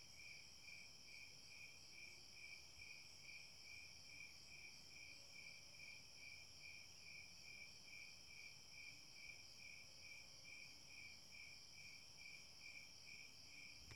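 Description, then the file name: Crickets chirping in a steady, rapid pulse of short mid-high notes, over a constant whining drone from another insect. Crickets recorded together with a whining insect. "crickets and whiny insect"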